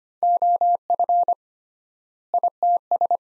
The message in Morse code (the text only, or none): OF ITS